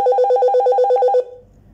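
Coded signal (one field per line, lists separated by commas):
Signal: alarm pattern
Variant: Raymarine marine VHF radio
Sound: fast electronic warble alternating between two tones, about 11 cycles, then silence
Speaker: if you don't answer and louder stop that noise I've sent an acknowledgement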